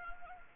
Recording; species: mosquito wingbeat signal from an infrared sensor; Anopheles arabiensis